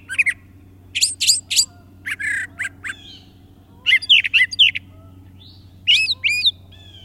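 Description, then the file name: Brown thrasher song: quick series of varied phrases, buzzy rasps, rapid chips and looping whistled notes, many repeated twice, over a soft low hum. "suara-kicauan-brown-trasher omkicau"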